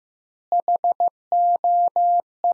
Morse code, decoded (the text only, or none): HOE